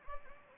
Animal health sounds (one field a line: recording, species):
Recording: mosquito wingbeat signal from an infrared sensor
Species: Anopheles gambiae